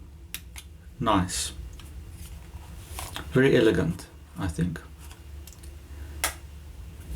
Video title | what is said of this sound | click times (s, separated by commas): Sheaffer Prelude Review | very satisfying click when we cap the pin | 6.2 s